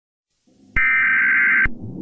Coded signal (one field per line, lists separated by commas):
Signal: Emergency Alert System (SAME) tones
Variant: header bursts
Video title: EAS Scenario #80: Ghost Storm